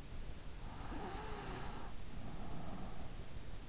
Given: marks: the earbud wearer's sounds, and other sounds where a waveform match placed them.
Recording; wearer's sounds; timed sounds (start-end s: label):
sounds in sleep by an in-ear microphone; breath
0.66-3.29 s: breath